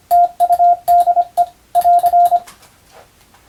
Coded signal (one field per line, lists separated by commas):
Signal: Morse code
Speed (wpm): 25 wpm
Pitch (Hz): 700 Hz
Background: radio noise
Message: TUDE <AR>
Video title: 無線従事者国家試験総合無線通信士電気通信術のトレーニングにＣＷを打ってみました。アマチュア無線ハムの受信練習にもどうぞ(morse code practice for radio operator )